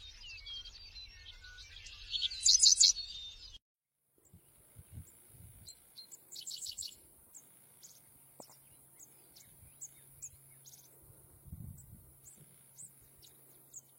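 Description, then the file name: Seedeater song: a loud burst of high twittering notes in the first few seconds, then a gap and quieter scattered chips and faint high notes. "Canto do papa capim americano"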